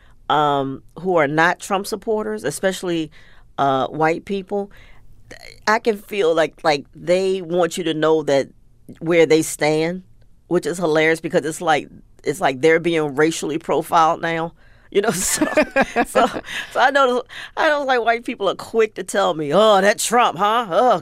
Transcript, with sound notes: who are not Trump supporters, especially white people, I can feel like they want you to know that - where they stand, which is hilarious because it's like they're being racially profiled now, you know?
(Laughter).
So I noticed, like, white people are quick to tell me, oh, that Trump, huh?